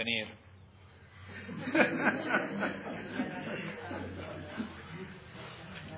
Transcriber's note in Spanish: Risas